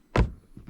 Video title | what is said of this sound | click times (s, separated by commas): How to install Uniden R7 -blendmount install- switched power! Porsche 911 | i think i heard the sound | 0.2 s